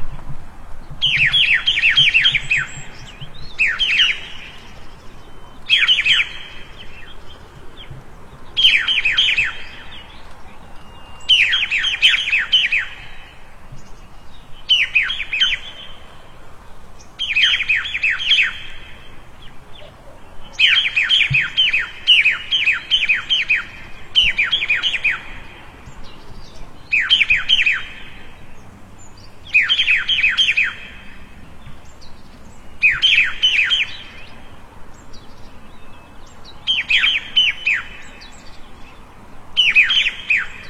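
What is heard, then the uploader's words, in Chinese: Two birds bicker in a plum orchard at dawn, trading bright, scratchy bursts every two to three seconds over a quiet low rumble. 清晨李子园里两只在争吵的鸟儿。声音都是我亲自去田野里录的。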